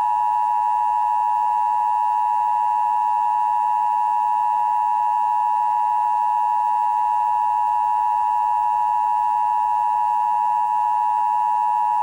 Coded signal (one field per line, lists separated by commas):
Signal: Emergency Alert System (SAME) tones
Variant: 853 and 960 Hz attention tone